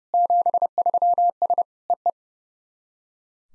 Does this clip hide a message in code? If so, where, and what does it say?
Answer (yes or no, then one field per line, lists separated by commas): yes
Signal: Morse code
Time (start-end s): 0.1-2.1 s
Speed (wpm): 32 wpm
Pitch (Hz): 700 Hz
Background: none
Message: 73S EE